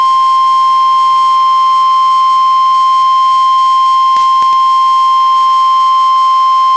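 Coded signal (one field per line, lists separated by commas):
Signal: Emergency Alert System (SAME) tones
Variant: 1050 Hz attention tone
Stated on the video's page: Real NOAA Weather Radio alert for a tornado warning.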